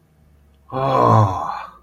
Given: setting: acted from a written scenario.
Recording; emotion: vocal sound without words; awe